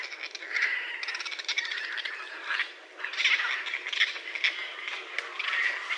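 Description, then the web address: Raccoon squealing and chittering: a steady run of scratchy, rattling cries with a few thin squeals, loud most of the way with one brief lull near the middle. Recorded 30 January 2012. "sounds mammals Raccoon 2012 01 30"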